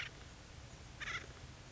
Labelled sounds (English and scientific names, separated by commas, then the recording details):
Acorn Woodpecker (Melanerpes formicivorus)
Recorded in Sonoma County, California